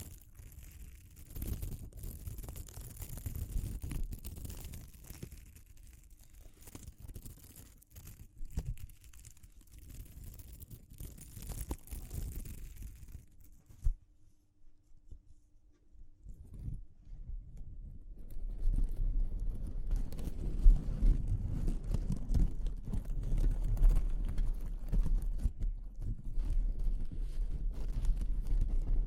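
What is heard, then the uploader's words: ASMR texture exploration, with soft scratching and rubbing sounds that come in uneven bursts, mostly low and muffled with some brighter crackle early on. Around fourteen to eighteen seconds it nearly goes quiet, then returns as a denser, steadier rumbling rub. ASMR Exploring Textures (No Talking).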